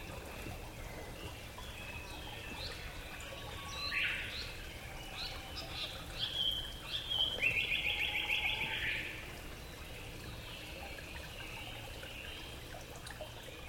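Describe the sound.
Black paradise flycatcher giving a burst of fast buzzy rattling notes midway, amid scattered soft calls and a constant low rumble.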